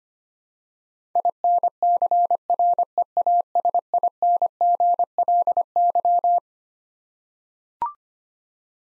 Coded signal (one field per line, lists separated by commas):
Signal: Morse code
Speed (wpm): 25 wpm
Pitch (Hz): 700 Hz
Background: none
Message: INCREASINGLY